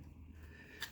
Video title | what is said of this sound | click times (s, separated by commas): eTrike Bike Battery Installation Safety Strap Hack TerraTrike EVO WUWR 358 | Push it up until you hear a click. | 0.8 s